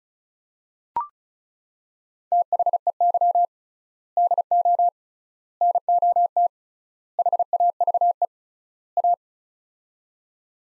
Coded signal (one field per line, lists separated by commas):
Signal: Morse code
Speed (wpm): 36 wpm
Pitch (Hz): 700 Hz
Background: none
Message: THEY DO NOT HAVE A